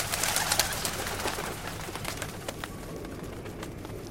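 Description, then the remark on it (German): Pigeons coo softly amid a busy wash of outdoor noise, with scattered short chirps and rustling clicks popping up throughout and a low steady rumble underneath. “Gut, dass es immer noch Tauben gibt, die nicht vor den Bomben und den Granaten geflohen sind.”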